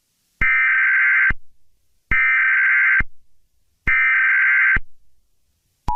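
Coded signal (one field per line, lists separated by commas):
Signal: Emergency Alert System (SAME) tones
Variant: header bursts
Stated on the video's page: Fictional mock EAS scenario, not a real alert.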